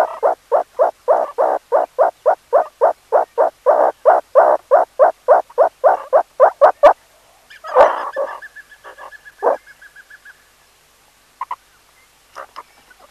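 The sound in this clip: Meerkat calls: a fast regular string of short harmonic barks, about three per second for seven seconds, then a noisy burst, a held tone and scattered soft notes.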